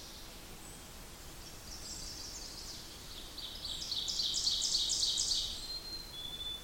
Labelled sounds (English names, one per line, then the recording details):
Ovenbird song
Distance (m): 35 m
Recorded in boreal forest in Alberta, Canada, on 8 June 2016 at 08:03
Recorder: SongMeter 3, array SBT-3-9
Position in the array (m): 53 m, 106 m
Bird 33